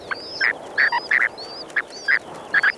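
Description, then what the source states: Spoon-billed Sandpiper chick cheeps and parent beeps: short high cheeps sliding near the top, mixed with stronger mid-pitched beeps repeated every few tenths of a second. At a nest in Chukotka just as the chicks hatched beneath the male; tiny cheeps of the chicks and the father's stronger beeps.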